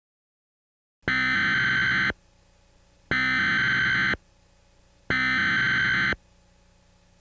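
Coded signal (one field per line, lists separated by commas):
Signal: Emergency Alert System (SAME) tones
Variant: header bursts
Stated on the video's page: Fictional EAS scenario about contagious grain; a made-up simulation.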